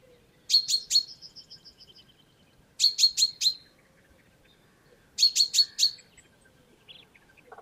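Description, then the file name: Common chaffinch giving clipped bursts of several sharp, ringing notes roughly every two and a half seconds, the first burst followed by a fading string of soft pips. "Fringilla coelebs"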